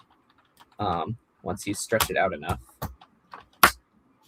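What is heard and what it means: Someone talks while stretching open a plastic toy piece and fitting its two tabs into two small holes on another toy part. A few faint taps are followed by a sharp, loud snap at 3.6 s as the tabs seat in place.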